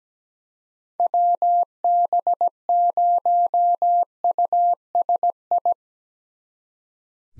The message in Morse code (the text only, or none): WB0USI